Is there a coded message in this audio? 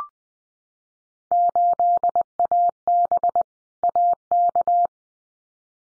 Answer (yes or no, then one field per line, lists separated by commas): yes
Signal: Morse code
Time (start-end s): 1.3-4.9 s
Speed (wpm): 20 wpm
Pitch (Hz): 700 Hz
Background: none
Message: 8AB AK